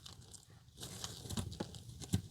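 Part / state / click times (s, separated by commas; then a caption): crimped wire terminal into female connector housing / not seated / none. A crimped power-lead wire terminal is pushed into slot A of the female plastic connector housing on the fuel pump harness of a BMW 340i, during installation of a BimmerWorld F8X Fuel Starvation Kit. Faint rustling gives way to short, crunchy scraping ticks from about 1.0 s onward, with the loudest near 2.1 s. Nothing has clicked or seated yet; the terminal fails to lock because its locking wings are bent in.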